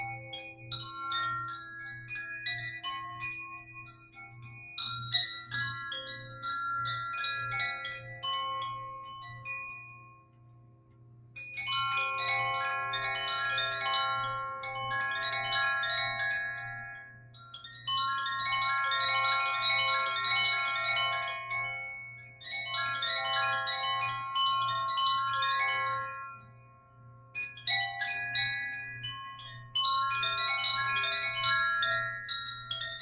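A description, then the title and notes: A sound bowl drones low and steady beneath wind chimes that ring sparsely at first, then swell into dense bright clusters every few seconds. Sound bath meditation specifically using my sound bowl and wind chimes.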